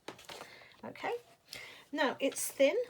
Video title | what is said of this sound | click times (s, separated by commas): E for EXTRA Sharp and Sticky A-Z of Stampin' Up! Products | sure it's nice and flat and it clicks okay | 0.1 s